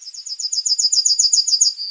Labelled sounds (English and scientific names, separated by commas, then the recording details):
Yellowhammer (Emberiza citrinella) song
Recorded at under 5 m from the bird
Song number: 157